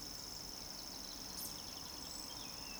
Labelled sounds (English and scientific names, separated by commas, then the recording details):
Eurasian Woodcock (Scolopax rusticola) whistle
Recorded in Baden-Württemberg, Germany, on 30 June 2020 at 19:55 UTC
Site 46046, 702 m above sea level